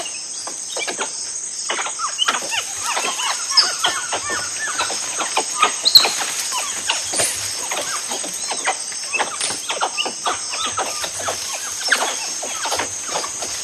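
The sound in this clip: Tufted capuchin chatter, dense overlapping squeaks and short cries, louder bursts near the middle, with a continuous high buzzing of insects behind.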